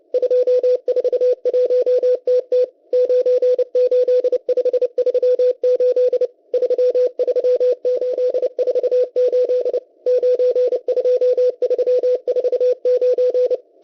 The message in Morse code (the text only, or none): 241TT 98538 33848 92349